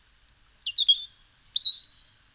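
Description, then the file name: European robin singing a brief, thin phrase of high whistles that slide downward, followed by a sharp rising note, in otherwise quiet surroundings. "Erithacus rubecula"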